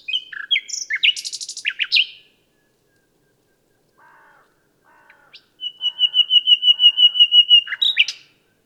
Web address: SETE Luscinia megarhynchos